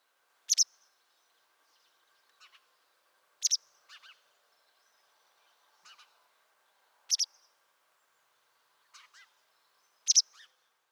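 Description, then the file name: White wagtail giving sharp, high chirping calls, often doubled, repeated every three seconds or so with softer short notes in between against quiet background. Recorded at Olsberg in 1998. "motacilla alba olsberg 31 jt 1998"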